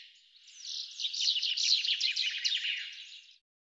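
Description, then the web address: Bird producing one three-second run of dense, high twittering notes that rises in loudness and then stops abruptly, followed by silence. "cianscape birddata Deverinetal 2025 Bird Fr Co"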